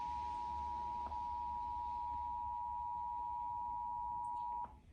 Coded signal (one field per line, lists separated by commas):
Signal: Emergency Alert System (SAME) tones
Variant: 853 and 960 Hz attention tone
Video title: EAS 75-77: January 2023 Pennsylvania Monthly Test On Multiple Stations (WVIA In Description)